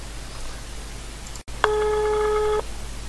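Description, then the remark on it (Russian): A single steady ringback tone of an outgoing phone call sounds for about a second, a flat buzzing pitch over a quiet line hiss, after a brief click of silence. “В общем, давайте я им сейчас позвоню, посмотрим, что будет.”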